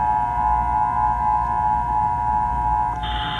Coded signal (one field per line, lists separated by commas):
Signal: Emergency Alert System (SAME) tones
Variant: 853 and 960 Hz attention tone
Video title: EAS Scenario: Martian Invasion